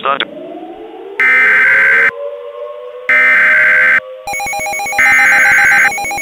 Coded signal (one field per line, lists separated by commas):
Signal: Emergency Alert System (SAME) tones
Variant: header bursts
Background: speech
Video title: EAS Recreation - Chevron Disaster